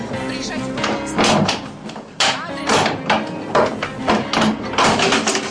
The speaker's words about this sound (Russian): Взламывают дверь.